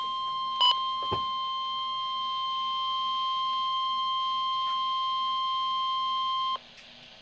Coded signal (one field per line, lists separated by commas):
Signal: Emergency Alert System (SAME) tones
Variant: 1050 Hz attention tone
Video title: Real EAS #378 - Severe Thunderstorm Warning